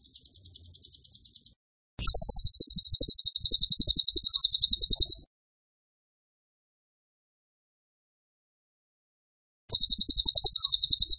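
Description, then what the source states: Bird song in bursts: a faint high trill, a loud rapid buzzy trill of about three seconds, a long silence, then the trill starting again. Masteran (song-training) recording of a bird described as gacor (singing vigorously) with tembakan (rapid bursts) style.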